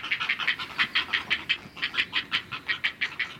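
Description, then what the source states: Great blue heron nestlings giving rapid, harsh clucking calls in a steady chattering run, with low background hiss. Nestlings calling at a great blue heron colony.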